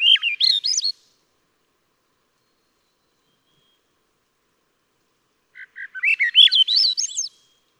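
Swainson's thrush, fluty song phrases that spiral upward in pitch; a phrase ending at the start, then a new one opening with soft low notes before climbing.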